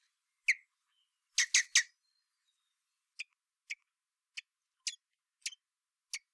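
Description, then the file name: Common blackbird giving sharp, clicking chink calls: a single note, a quick burst of three, then six spaced ticks roughly every half second. "Turdus merula"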